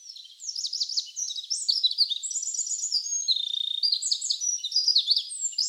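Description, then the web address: Wren singing a continuous, high, rapid song of jumbled notes and fast buzzy trills, only high pitches heard. Wild wren trilling in Hokkaido. "Google Sounds Sound Matters. Wren trills in wild hokkaido"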